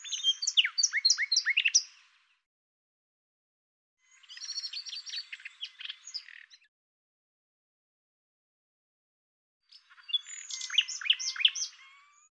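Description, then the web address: Bird uttering three bursts of jumbled, rapid chirps and twitters, each a few seconds long and separated by quiet gaps of a few seconds. "Deverinetal 2025"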